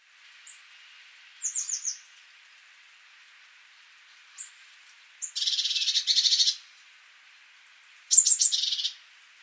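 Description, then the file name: Eurasian blue tit calls: high thin notes, a short fast descending series, then harsh churring bursts and another rapid burst, over low background hiss. "Cyanistes caeruleus"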